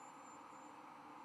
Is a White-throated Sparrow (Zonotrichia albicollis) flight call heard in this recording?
no